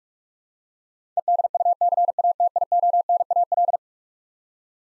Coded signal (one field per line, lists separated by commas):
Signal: Morse code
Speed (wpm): 44 wpm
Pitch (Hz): 700 Hz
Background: none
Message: EDUCATIONAL